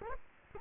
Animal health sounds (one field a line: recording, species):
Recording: mosquito wingbeat signal from an infrared sensor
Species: Culex quinquefasciatus